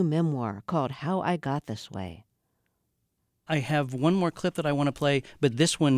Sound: none

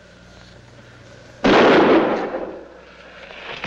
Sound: soundbite of gun firing and body dropping

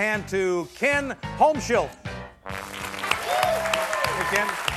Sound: applause

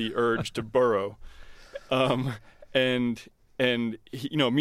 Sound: laughter

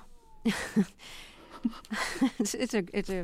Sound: laughter

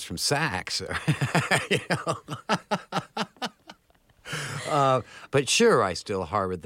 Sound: soundbite of laughter

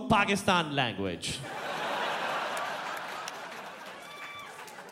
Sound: laughter

